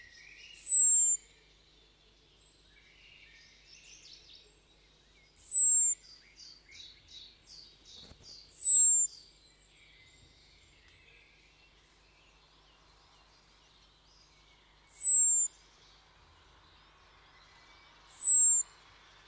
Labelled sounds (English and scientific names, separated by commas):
European Robin (Erithacus rubecula) call